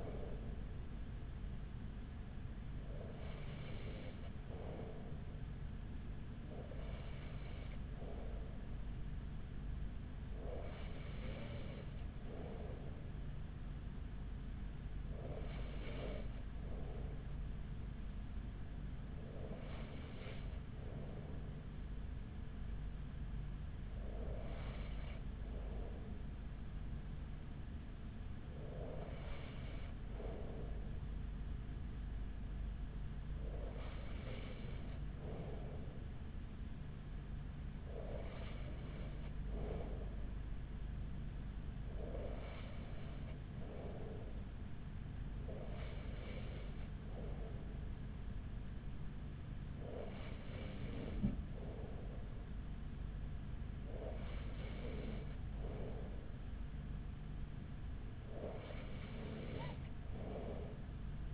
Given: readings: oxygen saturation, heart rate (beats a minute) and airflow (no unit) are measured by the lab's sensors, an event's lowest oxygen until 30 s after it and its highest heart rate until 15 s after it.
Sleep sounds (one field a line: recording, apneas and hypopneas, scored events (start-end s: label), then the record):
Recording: breathing in sleep by a smartphone at the bedside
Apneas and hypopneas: none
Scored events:
12.00-42.00 s: new sleep stage, N2 (light sleep)
42.00-61.34 s: new sleep stage, N3 (deep sleep)
From the record:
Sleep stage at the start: N3 (deep sleep)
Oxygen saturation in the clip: 94%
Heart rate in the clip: 40 to 45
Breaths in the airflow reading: 15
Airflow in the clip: -4.9 to 4.5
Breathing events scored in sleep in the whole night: 207 in 7.6 hours asleep